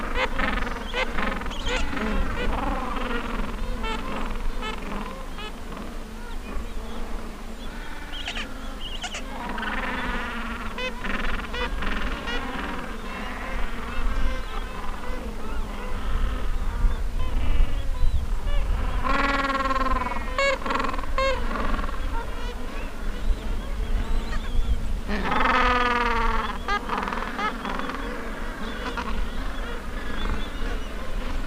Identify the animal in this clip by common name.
Gentoo Penguin